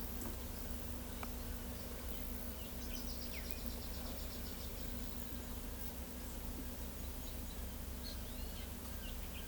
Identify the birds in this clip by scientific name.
Saltator olivascens, Furnarius leucopus